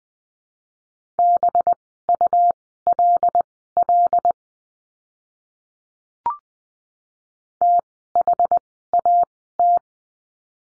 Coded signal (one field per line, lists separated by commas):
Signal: Morse code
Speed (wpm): 20 wpm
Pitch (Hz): 700 Hz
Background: none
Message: BULL THAT